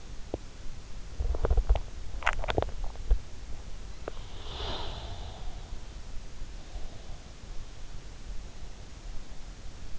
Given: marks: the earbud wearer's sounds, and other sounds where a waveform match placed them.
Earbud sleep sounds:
sounds in sleep by an in-ear microphone; swallowing, teeth grinding, breath
0.00-3.65 s: swallowing
3.91-4.32 s: teeth grinding
4.32-5.95 s: breath

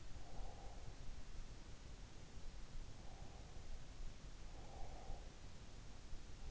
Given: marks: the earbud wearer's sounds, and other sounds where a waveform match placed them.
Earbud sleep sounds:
sounds in sleep by an in-ear microphone; breath
0.00-1.22 s: breath
4.33-5.75 s: breath

